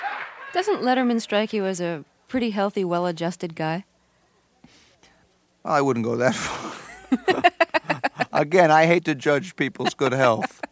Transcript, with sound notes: Doesn't Letterman strike you as a pretty healthy, well-adjusted guy?
I wouldn't go that far.
(LAUGHTER)
Again, I hate to judge people's good health.